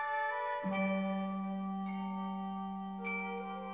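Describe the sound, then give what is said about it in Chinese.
Ancient Chinese bronze chime bells (bianzhong) at the Imperial Ancestral Temple (Taimiao) east of the Forbidden City ring out on the first day of the lunar Year of the Dragon, in three struck notes, each leaving a long, shimmering sustain of layered overtones that hangs and slowly fades, with no voices present. “这袅袅余音的钟声，引出了我淡淡的思古幽情。”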